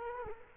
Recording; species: mosquito wingbeat signal from an infrared sensor; Culex quinquefasciatus